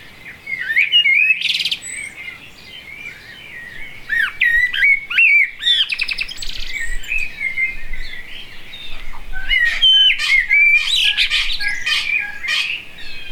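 Blackbird song of varied warbled and whistled phrases, sliding and twittering notes mixed with sharp clicks, delivered in continuous bursts.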